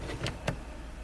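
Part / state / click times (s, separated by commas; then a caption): license plate lamp into rear bumper/trim opening / seated / 0.5 s. A plastic license plate lamp unit is pushed into its opening in a car's rear trim. A brief transient sounds at about 0.3 s, then a sharper click at 0.5 s as the lamp seats in its housing. No one speaks.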